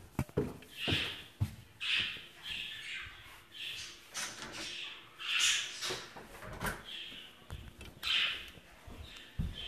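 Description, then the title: Budgerigar giving repeated warbled chirps, mixed with clicks and knocking sounds. "Budgie Sounds"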